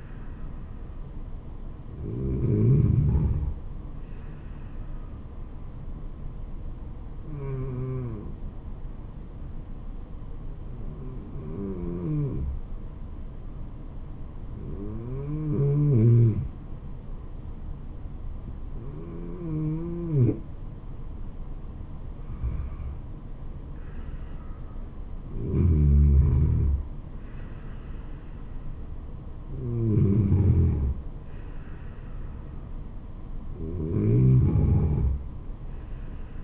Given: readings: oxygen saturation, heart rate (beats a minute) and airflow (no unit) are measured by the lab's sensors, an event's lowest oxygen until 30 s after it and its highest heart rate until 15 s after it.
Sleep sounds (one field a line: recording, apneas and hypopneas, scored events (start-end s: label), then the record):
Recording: breathing in sleep by a smartphone at the bedside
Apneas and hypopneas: 1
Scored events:
6.00-25.50 s: hypopnea (N2, oxygen 95% highest, then 93% lowest, heart rate 72 at the start, 84 highest)
From the record:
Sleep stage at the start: N2 (light sleep)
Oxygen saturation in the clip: 93 to 95%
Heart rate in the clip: 72 to 84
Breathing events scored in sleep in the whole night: 426 in 7.4 hours asleep